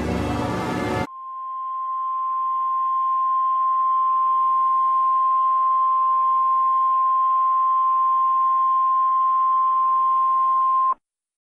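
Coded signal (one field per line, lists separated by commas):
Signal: Emergency Alert System (SAME) tones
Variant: 1050 Hz attention tone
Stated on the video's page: Fictional EAS scenario.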